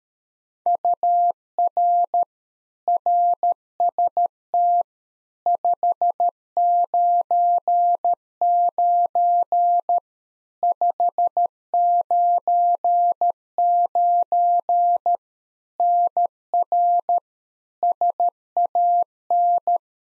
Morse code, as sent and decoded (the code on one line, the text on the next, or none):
..- .-. / .-. ... - / ..... ----. ----. / ..... ----. ----. / -. .-. / ... .- -.
UR RST 599 599 NR SAN